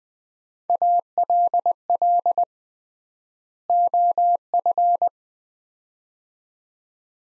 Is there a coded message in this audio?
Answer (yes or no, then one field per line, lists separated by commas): yes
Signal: Morse code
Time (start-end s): 0.7-5.1 s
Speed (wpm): 20 wpm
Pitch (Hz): 700 Hz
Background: none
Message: ALL OF